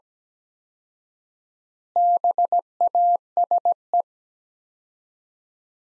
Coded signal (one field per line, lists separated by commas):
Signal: Morse code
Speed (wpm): 17 wpm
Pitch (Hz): 700 Hz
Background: none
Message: BASE